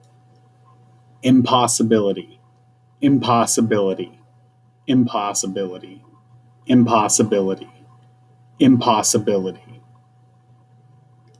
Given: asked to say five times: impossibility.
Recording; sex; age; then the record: repeated word; male; 20 to 29 years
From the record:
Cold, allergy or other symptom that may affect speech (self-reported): no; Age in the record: 28 years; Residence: Washington, United States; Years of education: 15